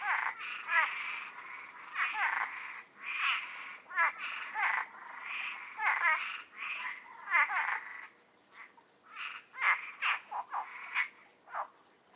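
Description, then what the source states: Dense frog chorus of many nasal, bleating croaks overlapping almost continuously, some with quavering pulses, backed by a steady high-pitched whine. Frogs in the Florida Keys.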